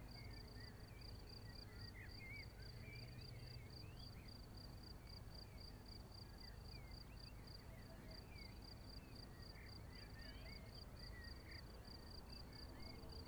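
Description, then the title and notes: Crickets chirping in a steady, rapid high pulse that runs throughout, over a low engine rumble. Outdoors on an unnamed road at Vogtsburg im Kaiserstuhl, Germany, overlooking a wide plain; crickets chirping with engine noise from a small aircraft. "Unnamed Road, 79235 Vogtsburg im Kaiserstuhl, Deutschland - Grillen zirpen. Zirpen der Grillen. Motorenlärm eines Kleinflugzeugs"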